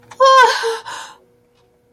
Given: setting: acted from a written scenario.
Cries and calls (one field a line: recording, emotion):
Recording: vocal sound without words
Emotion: fear